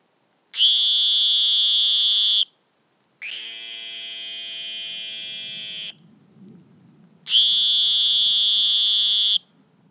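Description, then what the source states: Sonoran green toads trilling in high, buzzy bursts; three calls in turn, the middle one slightly lower and softer, as if from a second toad. Two toads calling (duo).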